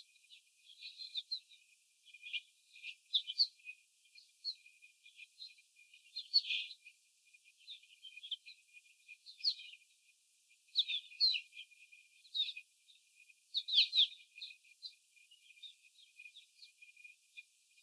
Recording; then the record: young laying hens in a cage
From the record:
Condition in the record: before the stressor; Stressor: simulated dog barking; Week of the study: 4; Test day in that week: 3